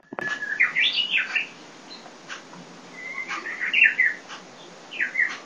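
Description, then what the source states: Japanese bush warbler song: a long steady whistle breaking into a quick rising and falling flourish, given twice. Song rendered as hokekyo; dated 150223.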